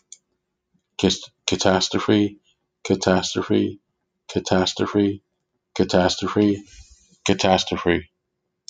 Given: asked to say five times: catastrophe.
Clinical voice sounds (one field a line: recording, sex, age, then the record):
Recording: repeated word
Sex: male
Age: 50 to 59 years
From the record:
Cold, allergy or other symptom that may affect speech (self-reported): no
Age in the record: 55 years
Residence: Florida, United States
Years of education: 14